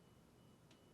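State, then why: Not seated. A plastic 3rd level spray arm retainer clip, part WP3400918, is being handled while lined up on top of the water feed tube of a Whirlpool dishwasher. Only faint handling ticks are heard over a steady low background, with a brief soft hiss near 0.7 s. Nothing has seated or clicked yet.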